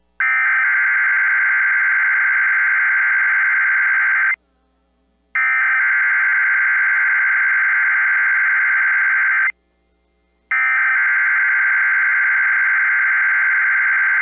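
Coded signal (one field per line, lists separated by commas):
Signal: Emergency Alert System (SAME) tones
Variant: header bursts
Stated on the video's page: Hurricane warning received on NOAA Weather Radio.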